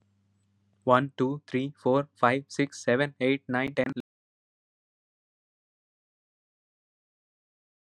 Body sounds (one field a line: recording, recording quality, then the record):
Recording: counting at a fast pace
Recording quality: poor, much background noise or distortion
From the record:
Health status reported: healthy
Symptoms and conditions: none ticked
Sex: male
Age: 26 years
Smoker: not ticked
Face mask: not worn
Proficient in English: yes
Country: India